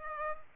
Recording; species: mosquito wingbeat signal from an infrared sensor; Culex pipiens